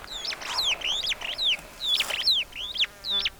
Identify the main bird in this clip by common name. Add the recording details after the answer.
Superb Starling. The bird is a male. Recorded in Kenya on 29 April 2009 at 08:58. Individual 90, of group SRB1